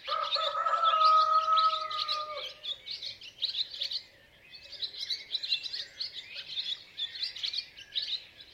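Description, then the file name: Chicken: rooster gives a single sustained crow lasting over two seconds at the start, while many small birds keep up busy, overlapping chirping throughout. "Rooster Crowing Sound"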